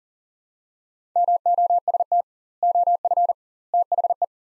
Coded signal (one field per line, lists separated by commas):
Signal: Morse code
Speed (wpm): 37 wpm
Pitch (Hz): 700 Hz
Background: none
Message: MOST OF THE